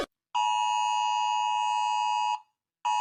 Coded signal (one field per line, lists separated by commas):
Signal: Emergency Alert System (SAME) tones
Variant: 853 and 960 Hz attention tone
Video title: Rating EAS Alarms coz everyone else is (Part 1)